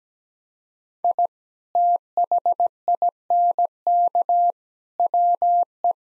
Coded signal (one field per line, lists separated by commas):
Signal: Morse code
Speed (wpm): 17 wpm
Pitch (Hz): 700 Hz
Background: none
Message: I THINK WE